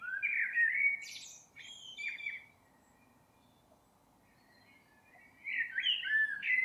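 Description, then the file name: Common blackbird giving two warbling song phrases, fluty low notes with brief high twittering tails, about three seconds of quiet between them. "Turdus merula"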